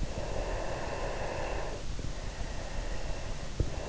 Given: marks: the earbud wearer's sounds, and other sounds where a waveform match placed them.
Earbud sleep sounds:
sounds in sleep by an in-ear microphone; breath
0.25-3.76 s: breath

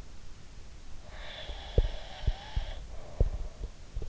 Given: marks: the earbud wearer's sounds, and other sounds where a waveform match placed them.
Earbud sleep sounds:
sounds in sleep by an in-ear microphone; breath
0.96-3.69 s: breath
1.75-4.06 s: sound from someone else or the room

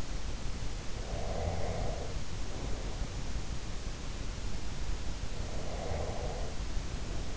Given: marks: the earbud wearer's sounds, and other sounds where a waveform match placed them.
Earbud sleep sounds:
sounds in sleep by an in-ear microphone; breath
1.04-3.04 s: breath
5.29-7.37 s: breath

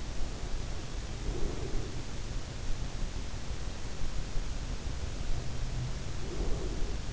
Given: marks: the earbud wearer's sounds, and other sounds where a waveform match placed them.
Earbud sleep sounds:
sounds in sleep by an in-ear microphone; breath
0.86-3.00 s: breath
4.55-7.13 s: breath

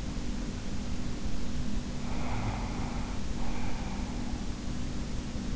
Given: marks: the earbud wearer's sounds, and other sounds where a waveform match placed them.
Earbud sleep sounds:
sounds in sleep by an in-ear microphone; breath
1.98-4.57 s: breath

